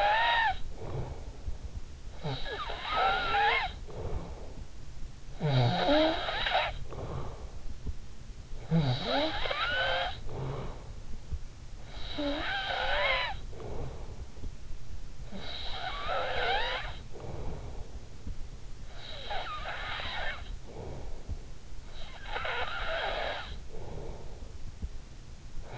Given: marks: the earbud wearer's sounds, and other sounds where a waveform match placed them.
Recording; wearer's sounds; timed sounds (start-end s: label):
sounds in sleep by an in-ear microphone; snoring breath
0.00-25.78 s: snoring breath